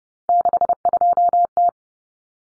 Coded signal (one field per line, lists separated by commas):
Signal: Morse code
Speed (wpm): 30 wpm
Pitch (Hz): 700 Hz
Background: none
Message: 62T